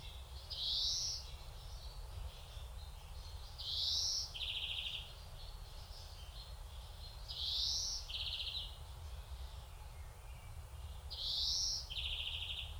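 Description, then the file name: European greenfinch giving paired calls, a rising whistled note followed by a brief buzzy trill, repeated roughly every three to four seconds against low hum. "Chloris chloris"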